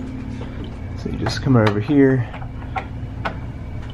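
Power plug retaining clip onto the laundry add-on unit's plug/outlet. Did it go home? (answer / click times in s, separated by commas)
no / none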